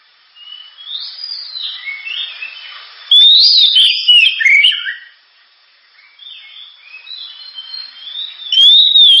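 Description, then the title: Oriental magpie-robin song of whistled slurs and warbled notes, soft at first, a loud phrase in the middle, a brief lull, then another strong phrase at the end. Constantly singing ('gacor'), sharp, very loud song, described as suited as a lure ('pancingan') to prompt other birds to sing. "Kacer Gacor Suara Tajam. Kacer Gacor Suara Super Kenceng Cocok untuk Pancingan"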